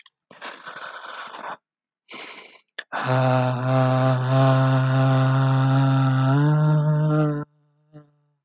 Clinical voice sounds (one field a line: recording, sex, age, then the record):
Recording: vowel held as long as possible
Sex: male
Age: 20 to 29 years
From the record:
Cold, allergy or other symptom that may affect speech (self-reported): no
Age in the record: 25 years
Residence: Texas, United States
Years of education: 16